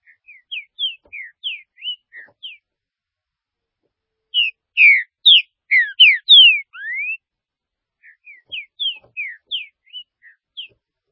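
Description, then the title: Green-winged saltator song: series of brisk whistled notes, a louder rich phrase ending in a long rising slur, then the softer notes again. "Trinca Ferro"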